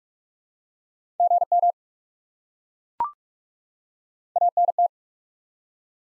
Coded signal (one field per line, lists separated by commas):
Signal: Morse code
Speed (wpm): 42 wpm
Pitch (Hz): 700 Hz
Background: none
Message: GM ANT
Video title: Top 20 QSO Elements 45wpm